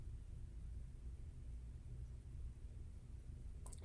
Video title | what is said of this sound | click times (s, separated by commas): Silencer Delete Kit Installation Video | Make sure that the intake box is pressed fully into the grommets. It should pop into place. | 3.7 s